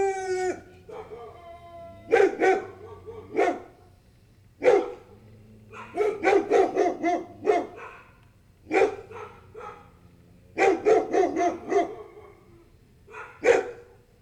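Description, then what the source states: A dog howls at the start, then several dogs bark in clustered volleys, sometimes overlapping, throughout. A group of dogs barking and howling together.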